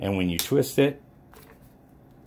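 A power cable connector is being lined up on the power inlet of a Com-Power LI-3P-232 three-phase line impedance stabilization network (LISN), with its hole set over the pin on the housing before it is twisted to lock. Someone talks for the first second, then only quiet handling with a couple of faint small ticks follows. Nothing has seated or clicked yet.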